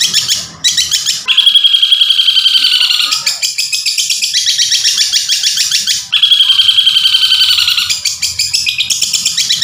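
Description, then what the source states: Long-tailed shrike song as a rapid, buzzy, high chatter, pulsing continuously and broken into phrases of a few seconds, with brief dips between phrases. Masteran (training recording) of cendet song.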